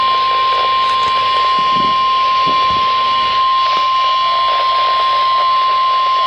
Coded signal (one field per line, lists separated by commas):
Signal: Emergency Alert System (SAME) tones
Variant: 1050 Hz attention tone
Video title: Required Weekly Test of Station WXL40 from Harrisburg, PA {EAS #713} 8-1-12